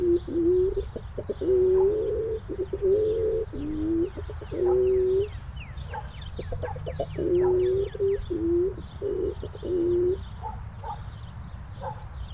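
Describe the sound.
Pigeon cooing, low hollow coos in repeated bursts with brief stuttering notes between them, a faint chirping of small birds above.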